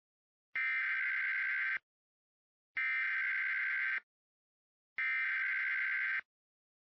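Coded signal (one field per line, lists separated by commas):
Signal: Emergency Alert System (SAME) tones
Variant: header bursts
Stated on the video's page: Real Amber Alert for a California child abduction emergency, described as having valid Emergency Alert System header tones.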